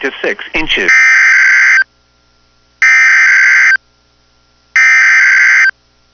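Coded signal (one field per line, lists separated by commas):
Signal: Emergency Alert System (SAME) tones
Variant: header bursts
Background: speech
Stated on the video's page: Weather radio NWS Winter Storm Warning alert on station WXM99.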